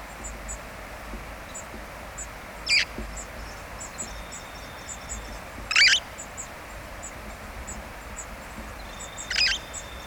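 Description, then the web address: Red-fronted parrot calls: three brief shrill notes spaced a few seconds apart, the middle one loudest, with soft high ticking and a thin whistle in the background. "parrots poicephalus-gulielmi"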